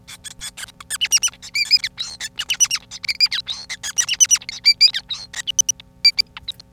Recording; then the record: song of a male Bengalese finch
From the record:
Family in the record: son of father 5